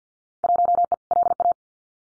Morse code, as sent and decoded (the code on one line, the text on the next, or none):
.---- . / .-.. .-
1E LA